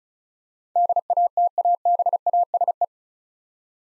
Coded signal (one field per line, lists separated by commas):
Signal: Morse code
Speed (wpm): 36 wpm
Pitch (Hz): 700 Hz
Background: none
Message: DATABASE